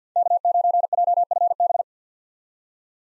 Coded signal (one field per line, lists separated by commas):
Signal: Morse code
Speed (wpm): 50 wpm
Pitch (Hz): 700 Hz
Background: none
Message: K9JFB